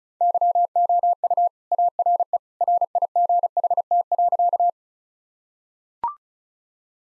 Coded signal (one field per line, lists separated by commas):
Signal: Morse code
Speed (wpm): 36 wpm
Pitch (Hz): 700 Hz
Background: none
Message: YOU ARE RIGHT.